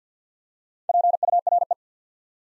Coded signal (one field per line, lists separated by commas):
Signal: Morse code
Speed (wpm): 54 wpm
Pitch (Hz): 700 Hz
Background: none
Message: PURE